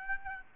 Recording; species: mosquito wingbeat signal from an infrared sensor; Aedes aegypti